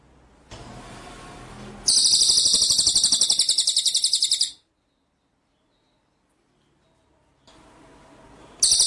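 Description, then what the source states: White-rumped shama song: a steady, fast high trill of repeated notes lasting nearly three seconds, with hiss before it and another burst at the end. Masteran (training) track of full continuous rolling song (ngerol) with rapid high bursts (nembak).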